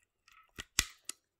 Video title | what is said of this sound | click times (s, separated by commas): Gun Show ☆ We The People Tee~Shirts ☆ Spribog Mag Loading ☆ The Best Ammo I Use ☆ LashawnTerry☆Vlog | press down and they snap in place and I was waiting | 0.8 s